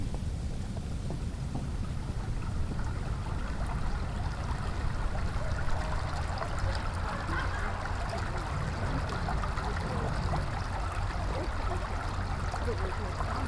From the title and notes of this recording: A walk through Darby Creek Metro Park by semblance.audio.